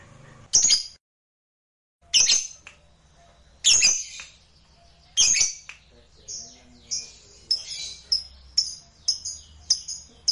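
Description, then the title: Lovebird squawks: several loud, harsh bursts, then a quicker run of sharp, high chirps and chips. "Suara Lovebird"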